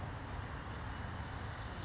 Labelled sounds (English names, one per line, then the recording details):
California Towhee
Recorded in Sonoma County, California